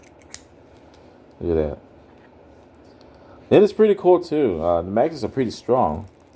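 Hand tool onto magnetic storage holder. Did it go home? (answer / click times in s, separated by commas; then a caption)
no / none. A tool or driver from a VACO 32-piece 1/4-inch ratchet set (SAE model VAC3320 / Metric model VAC3321) is handled near its strong magnetic holder in the case, where it sticks firmly and does not want to come off even when shaken. A brief sharp tick is heard at about 0.3 s, then someone talks over a quiet background. The tool has not yet snapped onto the holder, so nothing has seated or clicked yet.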